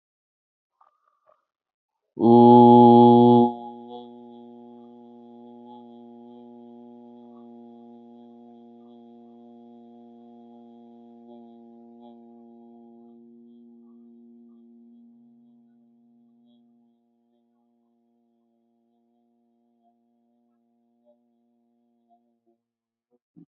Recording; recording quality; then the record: sustained vowel as in boot; excellent, no background noise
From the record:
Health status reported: healthy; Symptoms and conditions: none ticked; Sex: male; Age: 25 years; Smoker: yes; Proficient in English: yes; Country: India